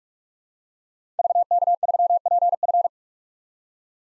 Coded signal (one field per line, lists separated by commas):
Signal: Morse code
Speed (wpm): 45 wpm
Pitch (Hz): 700 Hz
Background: none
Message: VK3PF